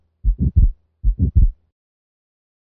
Murmur often heard in atrial septal defect is actually caused by relative pulmonic stenosis, and this is crescendo-decrescendo in contour usually medium-pitched in quality, and is typically relatively soft and of short duration. The murmur is usually most prominent in the pulmonic area and is heard best with the diaphragm of the stethoscope. Simulated ejection systolic murmur of atrial septal defect, which is followed by fixed splitting of S2.